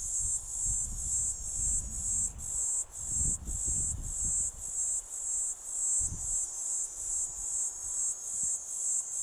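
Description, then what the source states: Platypleura divisa cicada calling: a shrill high buzz broken into short pulses, with low rumbling background noise. Recorded 13 December, just past Piet Retief.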